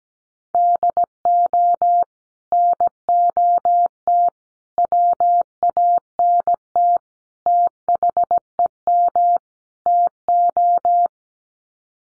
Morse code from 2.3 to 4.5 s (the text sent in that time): NOT